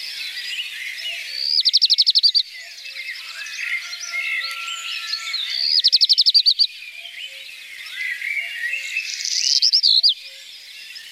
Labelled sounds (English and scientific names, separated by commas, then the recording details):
Black Redstart (Phoenicurus ochruros) song
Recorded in the wild
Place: Wasenweiler am Kaiserstuhl, Baden-Württemberg, DE
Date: 1983-05-15
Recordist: Schwarz, Dieter